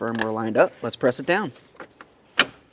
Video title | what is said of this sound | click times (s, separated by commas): How to Replace Engine Cooling Fan Assembly 2011-2021 Jeep Grand Cherokee | Listen for an audible click from each side. | 2.4 s